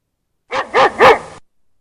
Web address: dog woof woof three calls consecutive call